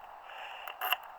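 The key or handle on a Suzuki DL 1000 V-Strom motorcycle pannier is twisted to the right, with a faint steady background and a small tick at 0.7 s. The lid latch clicks open sharply at 0.9 s, and the pannier is released.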